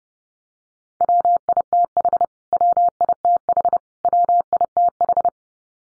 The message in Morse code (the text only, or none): WITH WITH WITH